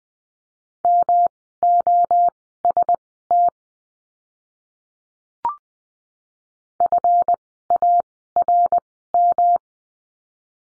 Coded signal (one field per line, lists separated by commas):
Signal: Morse code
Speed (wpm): 20 wpm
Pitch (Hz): 700 Hz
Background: none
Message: MOST FARM